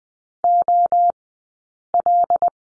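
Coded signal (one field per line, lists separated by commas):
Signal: Morse code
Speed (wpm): 20 wpm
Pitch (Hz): 700 Hz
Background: none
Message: OL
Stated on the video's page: Morse code course lesson drill on the letter C, sent at Farnsworth speed 20/10 wpm.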